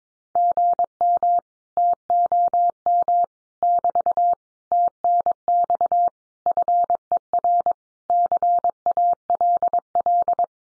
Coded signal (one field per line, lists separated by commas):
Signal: Morse code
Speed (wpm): 22 wpm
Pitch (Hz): 700 Hz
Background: none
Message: GM TOM <BT> TNX FER CALL